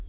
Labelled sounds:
Townsend's Warbler flight call

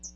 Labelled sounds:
Hooded Warbler flight call

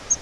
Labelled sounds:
Yellow-rumped Warbler flight call

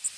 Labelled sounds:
Blackburnian Warbler flight call

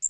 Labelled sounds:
Magnolia Warbler flight call

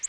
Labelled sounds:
Orange-crowned Warbler flight call

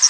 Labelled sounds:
Hooded Warbler flight call

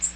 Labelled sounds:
Magnolia Warbler flight call

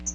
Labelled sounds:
Magnolia Warbler flight call

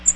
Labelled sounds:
Bay-breasted Warbler flight call

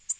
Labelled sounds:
Black-throated Green Warbler flight call

